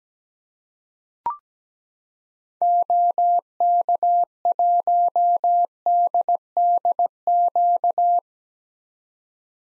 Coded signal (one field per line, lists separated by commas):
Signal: Morse code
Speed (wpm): 17 wpm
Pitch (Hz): 700 Hz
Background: none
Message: OK1DDQ